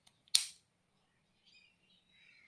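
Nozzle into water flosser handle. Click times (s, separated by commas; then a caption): 0.4 s. A nozzle is pushed into the head of a portable water flosser and seats with one sharp, bright click at 0.4 s. Faint small taps come just before it, and soft high-pitched tones drift in afterward around 1.5 s and from 2.1 s on.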